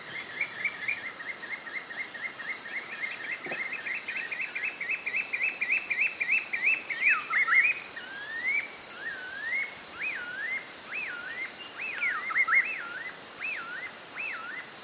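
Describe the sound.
Spotted puffbird with a long rapid string of short high whistled notes that slows into looping, up-and-down whistles, over a steady buzzing insect background.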